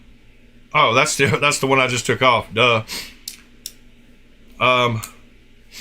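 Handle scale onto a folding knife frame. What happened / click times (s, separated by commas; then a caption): The part is handled but not yet seated / none. A replacement handle scale is handled while being test-fit onto the frame of a clone folding knife, as someone talks. Two brief, sharp ticks of handling are heard at about 3.3 and 3.7 seconds between the speech. Nothing has seated or clicked into place yet by the end of the clip.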